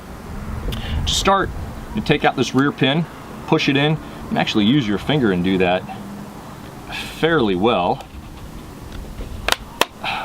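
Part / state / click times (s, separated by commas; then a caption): captive rear takedown pin in a rifle receiver / released / 9.8 s. Someone talks while field stripping an X95 Tavor bullpup rifle with the hammer cocked, pushing the captive rear takedown pin in with a finger and then pulling it fully out of the receiver. The pin clicks out to its stop at 9.8 s, leaving it released.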